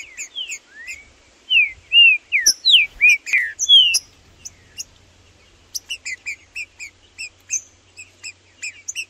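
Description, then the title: Green-winged saltator song: a loud run of clear slurred whistles, some rising and some falling, then quieter, evenly spaced high chirping notes. Birds called Blindado and Tufão in the bush, singing and displaying as males in a dispute with a free-living bird. "TRINCA Piando, Cantando E Macheando Na DISPUTA. Trinca Ferro no MATO Cantando e Macheando muito com Solto! Blindado e Tufão no mato"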